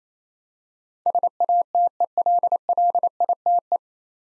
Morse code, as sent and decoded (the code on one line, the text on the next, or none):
... .- - . .-.. .-.. .. - .
SATELLITE